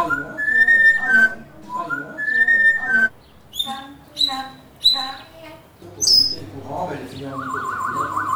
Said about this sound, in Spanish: Y su perico Coco, después de unos sorbos, el perico comienza a silbar.